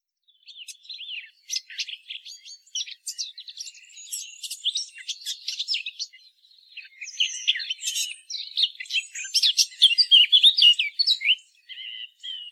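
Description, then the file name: Eurasian blackcap delivering a quiet, rambling warble that swells into a louder, denser run of scratchy, twittering notes in the second half. "Sylvia atricapilla"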